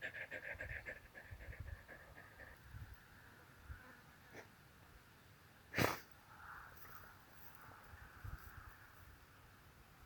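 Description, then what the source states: Dog panting in quick, rhythmic breaths, then a sharp burst of noise and softer, uneven breathing afterwards. Dog shaking itself and panting.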